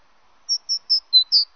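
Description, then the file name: Great tit song: a brief run of about six clear, high, whistled notes at a steady pace, the later ones dipping slightly lower. "Mesange charbonniere"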